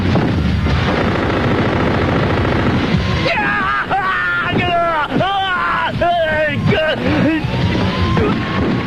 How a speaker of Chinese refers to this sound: 他灵敏地从地上捡起司机掉落的手枪，与抢劫犯对射起来。